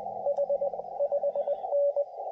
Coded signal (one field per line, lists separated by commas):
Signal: Morse code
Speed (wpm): 22 wpm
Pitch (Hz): 560 Hz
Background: radio noise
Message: H 5N